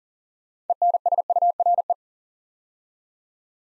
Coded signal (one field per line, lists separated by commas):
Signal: Morse code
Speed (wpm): 40 wpm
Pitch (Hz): 700 Hz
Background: none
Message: ENSURE